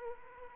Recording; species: mosquito wingbeat signal from an infrared sensor; Aedes aegypti